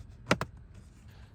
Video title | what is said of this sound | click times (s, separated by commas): How to change Chevy Silverado 3500HD Filters - Cabin Air Filter - Engine Air Filter | and there you go once both sides have snapped in you can just give it a pull make sure it doesn't just come right off but you should be all set | 0.3 s, 0.4 s